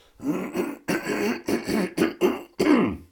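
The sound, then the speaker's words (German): Someone with a cold clears their throat repeatedly, six or seven rough, voiced rasps in quick succession with short gaps between them, fairly loud and with no talking. “Ich muss mal eben räuspern.”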